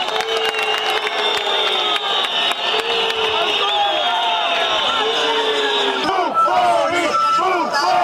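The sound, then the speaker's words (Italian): A large crowd whistles loudly and continuously in jeering protest, greeting trade union leaders at closing rallies. Shrill, sustained whistles overlap with shouting voices, and rising and falling whistle swoops stand out toward the end. “Ad accogliere i leader nel corso dei comizi conclusivi, forti fischi.”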